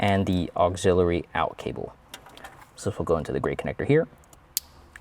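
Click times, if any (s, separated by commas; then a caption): 4.6 s. Someone talks about a wireless CarPlay kit install in a 2022 Lexus RX while a plastic wiring harness connector is pushed into the gray factory connector behind the radio. A few faint taps follow, then a sharp, loud click at 4.6 s as the connector seats.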